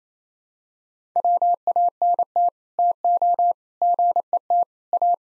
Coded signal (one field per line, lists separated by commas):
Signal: Morse code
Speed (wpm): 28 wpm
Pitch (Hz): 700 Hz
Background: none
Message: WANT TO GET A